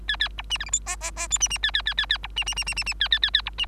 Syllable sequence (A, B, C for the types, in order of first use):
A A B C D E F G G G H C C A A A A A B C C C C C C A A A A B C